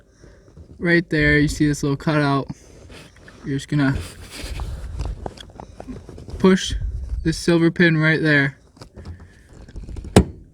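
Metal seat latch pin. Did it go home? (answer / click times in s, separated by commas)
released / 10.2 s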